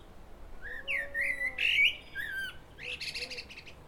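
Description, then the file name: Common blackbird with a mellow warbling run of slurred whistles, followed by a buzzy high twittering flourish. "Turdus merula"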